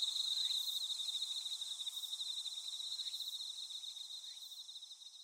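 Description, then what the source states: Insects in a constant high pulsed trill, joined by a few brief rising chirps, the whole chorus softening toward the end. Insects calling in a grassy patch.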